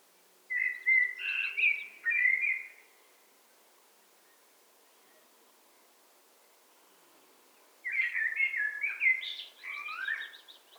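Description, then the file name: Eurasian blackbird song with two separated phrases of low, flute-like warbling, the second finishing in higher, thinner twittered notes. "Turdus merula"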